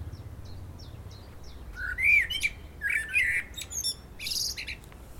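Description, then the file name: Common blackbird song opening with faint high squeaks, then loud mellow warbles and scratchy high twitters over a low background rumble. "Turdus merula"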